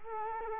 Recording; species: mosquito wingbeat signal from an infrared sensor; Culex quinquefasciatus